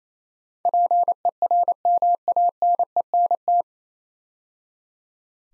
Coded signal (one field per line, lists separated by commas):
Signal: Morse code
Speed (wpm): 27 wpm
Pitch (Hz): 700 Hz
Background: none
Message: PERMANENT